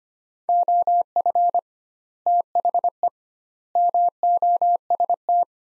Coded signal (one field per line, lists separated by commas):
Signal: Morse code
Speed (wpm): 25 wpm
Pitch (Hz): 700 Hz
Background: none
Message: OF THE MOST